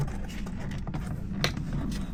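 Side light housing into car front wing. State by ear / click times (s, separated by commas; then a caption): seated / 1.4 s. The plastic side light (indicator) housing of a Ford Fiesta MK5 hatchback is pushed back into its aperture in the front wing over a steady low background rumble, with a faint knock at about 0.9 s. A sharp, loud snap at 1.5 s is the housing clicking into place, so the light unit is seated back in the wing.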